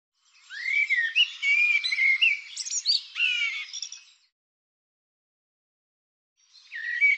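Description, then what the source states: Bird delivering a long four-second phrase of sweet slurred whistles mixed with harsh, buzzy notes, then silence before another phrase begins. Bird labelled "Tu Me".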